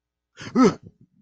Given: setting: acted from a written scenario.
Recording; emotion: vocal sound without words; negative surprise